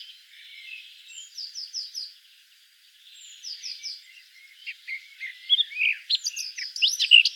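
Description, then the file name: Eurasian blackcap song: quiet, hurried warbling with repeated slurred notes, becoming louder with bright whistles near the end. "Sylvia atricapilla"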